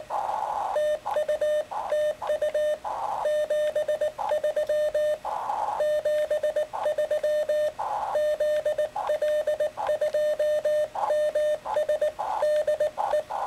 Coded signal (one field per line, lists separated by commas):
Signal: Morse code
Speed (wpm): 19 wpm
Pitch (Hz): 600 Hz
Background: none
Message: TU TU 73 73 ZL2MS DE